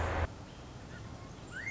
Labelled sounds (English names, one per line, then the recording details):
Pacific Wren
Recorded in Sonoma County, California